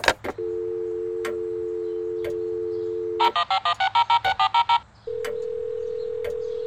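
A steady telephone dial tone, then a quick run of about ten beeping keypad tones as a number is dialed to call someone's mother, followed by a continuous line tone, with a few faint clicks.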